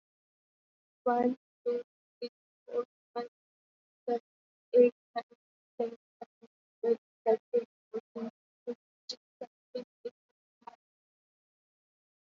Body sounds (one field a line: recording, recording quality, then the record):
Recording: counting at a normal pace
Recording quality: moderate, slight background noise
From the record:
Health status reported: COVID-19 positive, moderate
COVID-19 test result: positive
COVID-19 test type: RT-PCR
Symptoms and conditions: cough, fever, fatigue, muscle pain, loss of smell and taste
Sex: female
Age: 34 years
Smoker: no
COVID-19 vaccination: both doses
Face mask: worn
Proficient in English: yes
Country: India